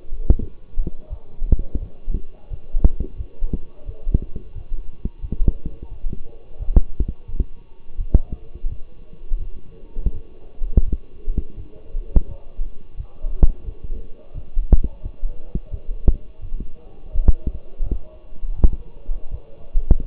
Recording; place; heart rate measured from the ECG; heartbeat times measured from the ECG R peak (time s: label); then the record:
heart sounds by stethoscope; between the tricuspid and mitral areas; 86 bpm
0.38 s: heartbeat
1.09 s: heartbeat
1.79 s: heartbeat
2.49 s: heartbeat
3.17 s: heartbeat
3.85 s: heartbeat
4.54 s: heartbeat
5.21 s: heartbeat
5.89 s: heartbeat
6.59 s: heartbeat
7.27 s: heartbeat
7.97 s: heartbeat
8.68 s: heartbeat
9.38 s: heartbeat
10.12 s: heartbeat
10.85 s: heartbeat
11.56 s: heartbeat
12.27 s: heartbeat
12.96 s: heartbeat
13.65 s: heartbeat
14.34 s: heartbeat
15.02 s: heartbeat
15.70 s: heartbeat
16.41 s: heartbeat
17.12 s: heartbeat
17.82 s: heartbeat
18.55 s: heartbeat
19.30 s: heartbeat
20.03 s: heartbeat
From the record:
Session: walking at 3.7 km/h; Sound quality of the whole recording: partially saturated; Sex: male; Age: 24 years